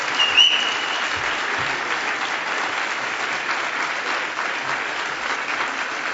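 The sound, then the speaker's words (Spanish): Sustained audience applause for ufologist Salvador Freixedo after his conference talk, a dense steady patter of many hands clapping at an even loudness for several seconds, with no voices over it. “Da un poquito más de aplauso para Salvador, que se lo merece.”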